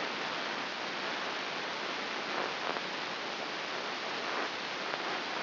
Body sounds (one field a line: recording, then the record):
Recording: brain microelectrode recording played as sound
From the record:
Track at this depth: inside the subthalamic nucleus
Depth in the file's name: 4.32 mm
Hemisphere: left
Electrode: 3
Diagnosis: Parkinson's disease